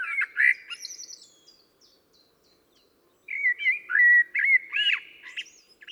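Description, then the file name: Common blackbird song: low fluty warbled phrases followed by thin squeaky twitters, with a pause of silence between two phrases. "Turdus merula"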